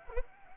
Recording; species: mosquito wingbeat signal from an infrared sensor; Anopheles arabiensis